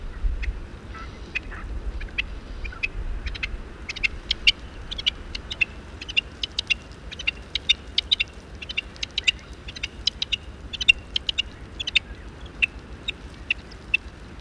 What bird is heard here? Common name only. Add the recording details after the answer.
Rock Partridge. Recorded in the wild. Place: Melnik, Sofia, BG. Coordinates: 41.525, 23.392. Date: 1974-05-22. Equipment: Nagra III BH, Sennheiser MD 21, parabola. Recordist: Schubert, Michael